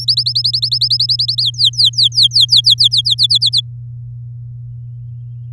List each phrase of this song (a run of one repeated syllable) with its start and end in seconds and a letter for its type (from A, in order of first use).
0.00-1.42 A, 1.43-3.15 B, 3.18-3.61 C